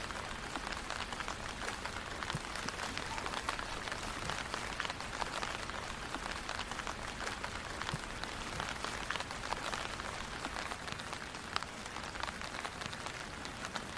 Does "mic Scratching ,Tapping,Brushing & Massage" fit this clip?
no